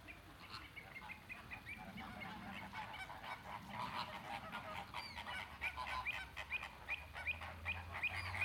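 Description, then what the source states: Many flamingos honking together, a dense chattering chorus of nasal notes that grows busier toward the end, with a low hum underneath. Flamingos recorded in the flamingo enclosure at Bristol Zoo.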